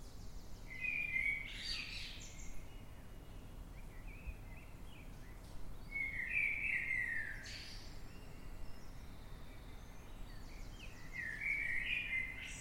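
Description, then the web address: Eurasian blackbird song: three warbled phrases about five seconds apart, over a steady low background rumble. Blackbird singing in the dead of night, 3:50 am, 9 March 2026, London, UK. "Blackbird Dead Of Night. london uk. by eleanor mcdowall"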